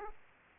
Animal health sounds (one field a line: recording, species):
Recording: mosquito wingbeat signal from an infrared sensor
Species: Aedes aegypti